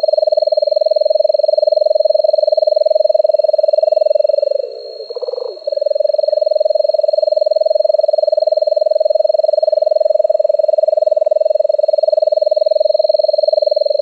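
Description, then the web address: Nightjar producing a sustained, even, reeling churr, interrupted once by a short dip and pitch change before carrying on, accompanied by a continuous faint high whine. Recorded on 18 May 2005. "Nightjars 051805. deviche"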